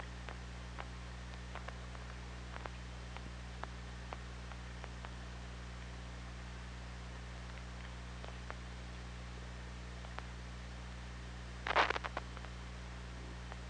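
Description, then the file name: Killer whale underwater sounds: scattered sharp clicks, then a brief dense burst of pulsed sound near the end, over a steady low mechanical hum. OrcaLab hydrophone, 24 August 2017, 23:49. "Orca Lab 20170824 234908"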